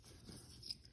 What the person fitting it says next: Kapağı yine aynı şekilde şöyle tırnaklarını takıp bastırdık. Tık sesini duydunuz.